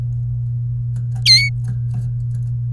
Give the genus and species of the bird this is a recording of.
Serinus canaria